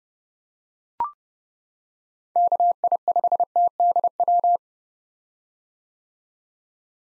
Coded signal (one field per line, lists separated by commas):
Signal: Morse code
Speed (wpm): 32 wpm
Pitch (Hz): 700 Hz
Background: none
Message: KI5TDW